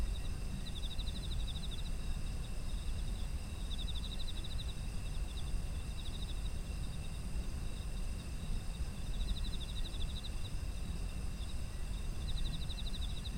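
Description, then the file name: Insects keep up layered high trills, with bursts of quick pulsed chirping returning every few seconds over a low continuous rumble. Autumn insects, ambient environmental sound. "秋の虫の環境音"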